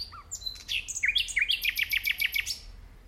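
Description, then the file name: Common nightingale song phrase: a few thin whistles, then a fast run of sharp, repeated chirping notes. "Luscinia megarhynchos"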